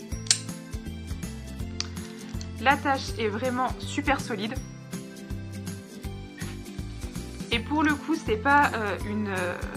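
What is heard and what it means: A metal buckle on a dog collar is closed during an unboxing and clicks shut with a sharp snap at 0.3 s. Music plays throughout while someone talks.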